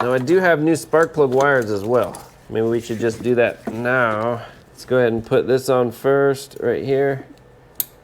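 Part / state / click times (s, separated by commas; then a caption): plastic fitting onto engine component / seated / 7.8 s. Someone talks while a plastic fitting is pushed onto an engine component of a 2006-2010 Subaru Forester EJ25 engine during a head gasket replacement install. A short, sharp snap is heard at 7.8 s as the part seats in place.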